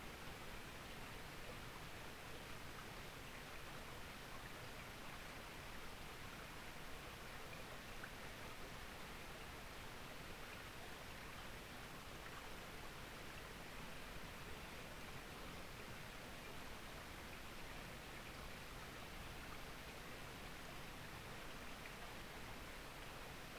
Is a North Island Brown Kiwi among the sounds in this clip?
no